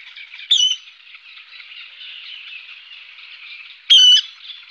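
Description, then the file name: Water rail giving two loud shrill squeals, one early and one near the end. "râle-deau"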